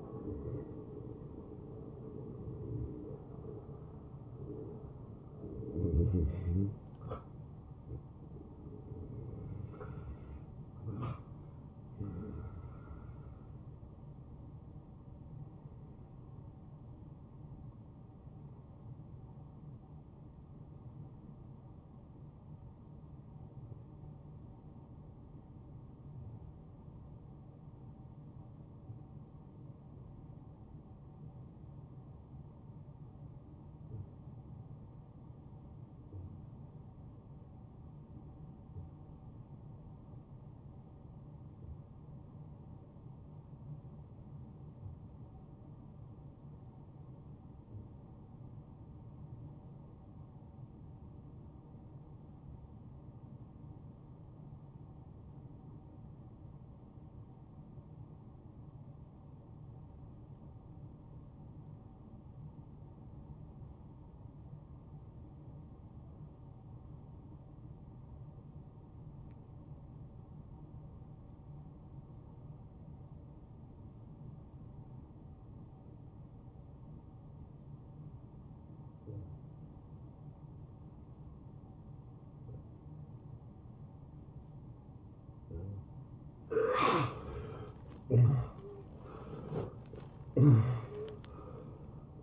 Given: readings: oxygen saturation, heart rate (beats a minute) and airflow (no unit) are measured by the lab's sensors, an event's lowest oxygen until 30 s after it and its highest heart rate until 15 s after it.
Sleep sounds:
breathing in sleep by a smartphone at the bedside; 1
17.00-85.60 s: hypopnea (N1, oxygen 93% highest, then 64% lowest, heart rate 88 at the start, 94 highest)
43.00-92.23 s: new sleep stage, REM sleep
From the record:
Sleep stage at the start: N1 (lightest sleep); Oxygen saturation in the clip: 63 to 93%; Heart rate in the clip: 77 to 93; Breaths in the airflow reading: 12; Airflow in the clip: -21.2 to 10.6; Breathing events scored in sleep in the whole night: 263 in 5.5 hours asleep

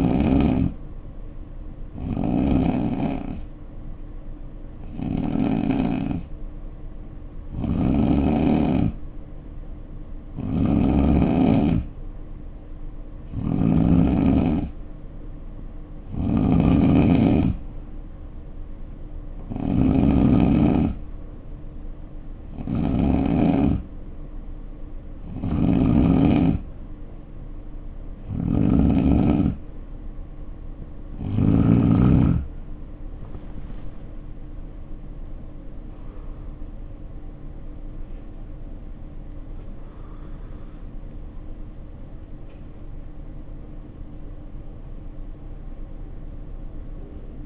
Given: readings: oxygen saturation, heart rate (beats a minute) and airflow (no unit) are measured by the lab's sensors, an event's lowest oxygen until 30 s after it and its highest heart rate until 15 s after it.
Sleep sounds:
breathing in sleep by a smartphone at the bedside; 1
10.00-47.46 s: new sleep stage, N2 (light sleep)
20.00-36.50 s: hypopnea (N2, oxygen 88% highest, then 87% lowest, heart rate 66 at the start, 74 highest)
From the record:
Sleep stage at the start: N3 (deep sleep); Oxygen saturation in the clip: 81 to 90%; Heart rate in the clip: 60 to 72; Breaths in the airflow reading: 15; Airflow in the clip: -5.4 to 6.8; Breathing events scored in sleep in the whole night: 520 in 7.2 hours asleep

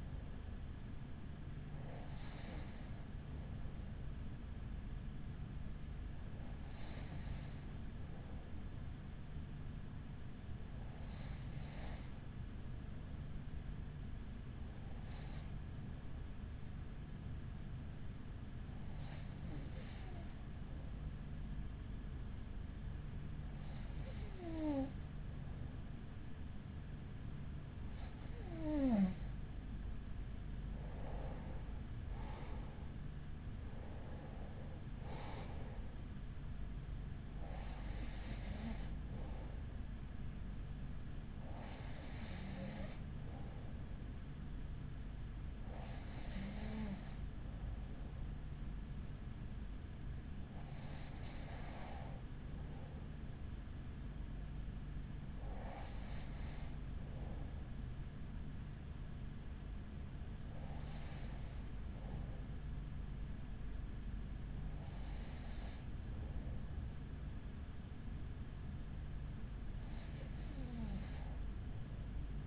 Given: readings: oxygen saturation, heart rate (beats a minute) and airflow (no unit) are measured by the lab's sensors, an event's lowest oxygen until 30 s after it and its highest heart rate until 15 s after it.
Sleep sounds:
breathing in sleep by a smartphone at the bedside; 1
10.00-31.80 s: hypopnea (N2, oxygen 93% highest, then 92% lowest, heart rate 44 at the start, 49 highest)
From the record:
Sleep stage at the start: N2 (light sleep); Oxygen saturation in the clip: 92 to 94%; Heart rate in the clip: 41 to 49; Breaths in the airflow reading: 18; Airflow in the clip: -7.0 to 5.9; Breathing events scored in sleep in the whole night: 207 in 7.6 hours asleep

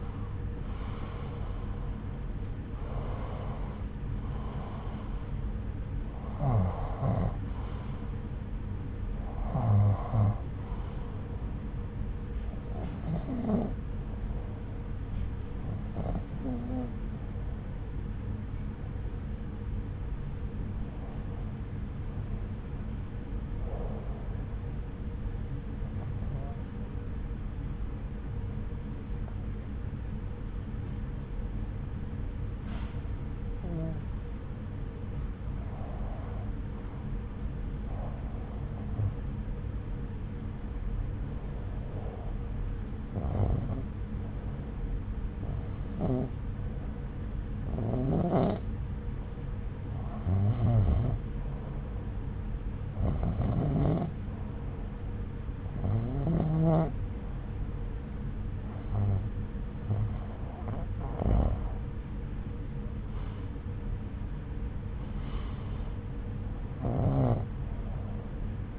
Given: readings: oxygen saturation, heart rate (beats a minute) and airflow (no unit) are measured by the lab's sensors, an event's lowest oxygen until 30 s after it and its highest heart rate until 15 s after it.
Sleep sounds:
breathing in sleep by a smartphone at the bedside; 1
30.00-63.60 s: hypopnea (REM, oxygen 96% highest, then 90% lowest)
From the record:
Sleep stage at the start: REM sleep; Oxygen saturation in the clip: 89 to 96%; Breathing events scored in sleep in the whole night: 303 in 8.1 hours asleep

